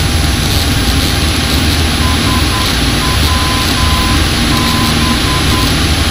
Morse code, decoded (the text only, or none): SWB